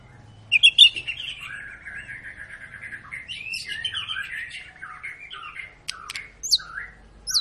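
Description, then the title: White-rumped shama singing a long, rambling warble of slurred, wavering whistles, ending with a few sharp high upslurred notes over faint low background hum. Long lure recording of an active, persistently singing bird, meant to prompt other birds to sing. "Pancingan Murai Batu Gacor Panjang"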